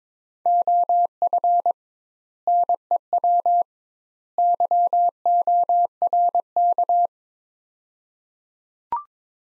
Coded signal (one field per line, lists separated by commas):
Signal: Morse code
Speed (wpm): 22 wpm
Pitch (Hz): 700 Hz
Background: none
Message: OF NEW YORK